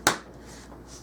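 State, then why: Seated. A plastic lid is pressed onto a small filled gift bucket and snaps into place with a single sharp click at 0.1 s, followed by quiet background. The lid is seated.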